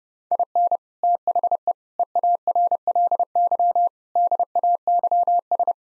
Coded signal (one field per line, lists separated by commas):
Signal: Morse code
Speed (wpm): 30 wpm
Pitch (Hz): 700 Hz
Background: none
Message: IN THE EARLY DAYS